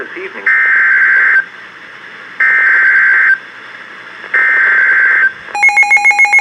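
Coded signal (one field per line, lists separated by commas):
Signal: Emergency Alert System (SAME) tones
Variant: header bursts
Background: speech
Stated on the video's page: Severe thunderstorm warning alert tones from station KHA99.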